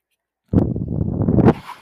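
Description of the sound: After a moment of silence comes a low, buzzy mechanical rumble lasting about a second, then a soft hissing tail. This is a home mechanical ventilator cycling, the normal working noise of the device.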